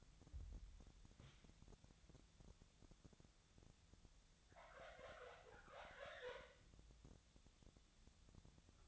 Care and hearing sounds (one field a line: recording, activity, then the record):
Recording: daily activity, microphone in the room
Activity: wipe stove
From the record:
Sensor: 3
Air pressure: 1007.1 hPa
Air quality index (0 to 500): 204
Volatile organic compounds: 18 ppm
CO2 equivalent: 2613 ppm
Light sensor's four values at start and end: 11/27/11/11 and 11/27/11/11